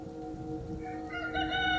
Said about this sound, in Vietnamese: Sáng hôm sau, khi gà vừa gáy sáng tiếng đầu tiên